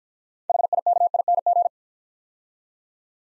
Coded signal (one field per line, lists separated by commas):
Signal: Morse code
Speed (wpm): 50 wpm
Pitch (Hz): 700 Hz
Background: none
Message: HIKING